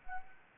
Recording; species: mosquito wingbeat signal from an infrared sensor; Anopheles arabiensis